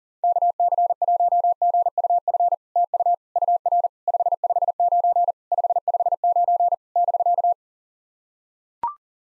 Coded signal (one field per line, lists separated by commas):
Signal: Morse code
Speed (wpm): 40 wpm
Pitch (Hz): 700 Hz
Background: none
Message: KC1GUF TU UR 559 559 <BK>